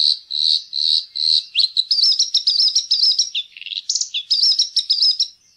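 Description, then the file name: Bluethroat singing: a few repeated high buzzy notes, then a fast varied run of chirps and twangy slurs. "blaastrupe"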